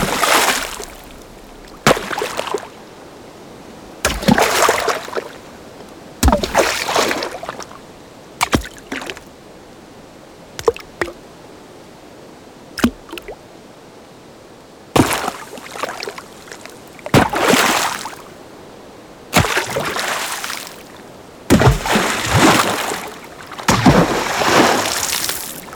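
Small water splashes and drops land at irregular intervals, some brief and sharp, others longer washes, with quiet pauses between.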